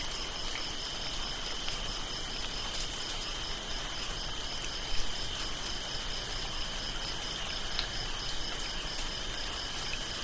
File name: lukas tvrdon rain light drips on leaves concrete crickets frogs rice field bali indonesia